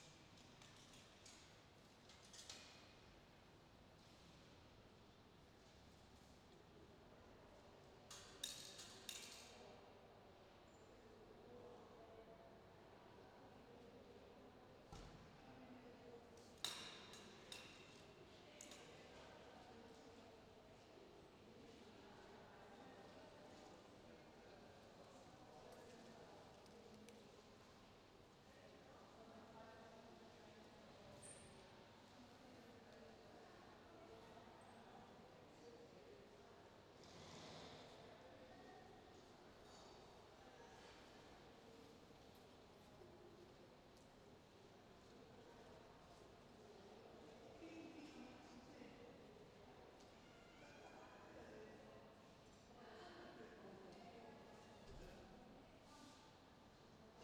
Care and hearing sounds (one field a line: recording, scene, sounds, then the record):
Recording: everyday scene through a hearing-aid microphone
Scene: reverberant space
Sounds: background noise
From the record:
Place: railway station hall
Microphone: in the ear canal, left